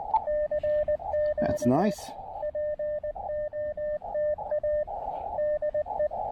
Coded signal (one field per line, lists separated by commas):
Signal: Morse code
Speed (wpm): 19 wpm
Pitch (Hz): 590 Hz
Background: speech, radio noise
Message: CGE POTA DE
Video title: Side trail POTA ATNO at Boisé des Compagnons-de-Cartier in Québec City